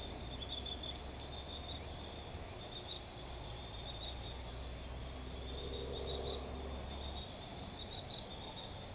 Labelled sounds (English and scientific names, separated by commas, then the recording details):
none
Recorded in forest near Pivijay, Magdalena, Colombia, on 14 April 2023 at 02:30
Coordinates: 10.467, -74.380
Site Z5-G034